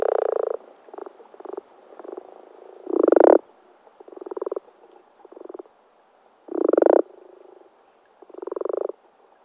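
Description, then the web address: Common frog calls: soft rattling purrs broken by louder grunting croaks every few seconds, each a brief pulsed burst. Recorded at Sissonne, France. "Sissonne Environnement Audiosflashcodes Grenouille-rousse"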